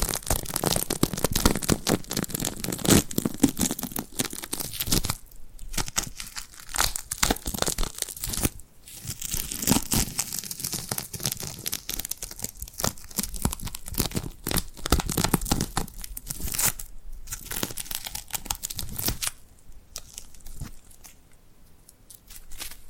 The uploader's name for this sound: Tingly Glued Hand Sounds